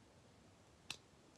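A steel frame-lock bar on a folding pocket knife is pushed to disengage it from the blade tang and release the blade. It gives one sharp metallic click at 0.9 s as it catches, a behavior flagged as an unwanted issue. Otherwise there is only a low, quiet background.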